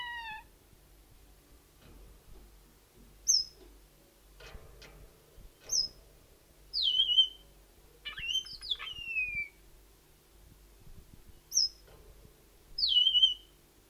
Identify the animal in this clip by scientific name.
Amandava amandava